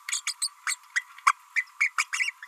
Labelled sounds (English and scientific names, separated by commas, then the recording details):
Green-rumped Parrotlet (Forpus passerinus) babbling
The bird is a female
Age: 31 days
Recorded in a nest box in Venezuela
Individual 17B32A5